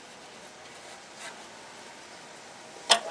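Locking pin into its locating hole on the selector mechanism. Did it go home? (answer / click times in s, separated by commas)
yes / 2.9 s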